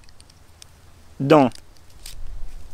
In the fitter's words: Hop, j'ai mal cliqué là, ça n'a pas fait clic.